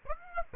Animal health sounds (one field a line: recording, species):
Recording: mosquito wingbeat signal from an infrared sensor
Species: Aedes aegypti